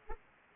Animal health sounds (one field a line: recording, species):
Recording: mosquito wingbeat signal from an infrared sensor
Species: Aedes aegypti